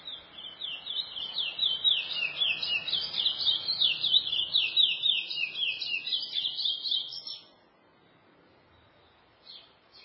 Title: Canto De Curio